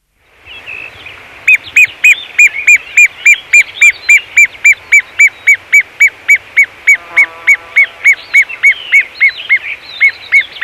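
Great gerbil calls, sharp chirps repeated about three or four times a second in a long, steady series.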